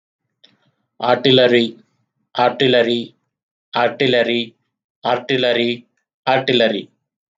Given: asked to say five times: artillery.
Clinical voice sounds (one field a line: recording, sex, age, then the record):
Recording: repeated word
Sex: male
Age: 30 to 39 years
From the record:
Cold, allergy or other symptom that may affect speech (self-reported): no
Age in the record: 30 years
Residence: Georgia, United States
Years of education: 18